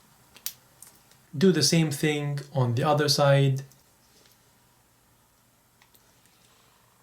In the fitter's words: hear the clicks and it's a satisfying click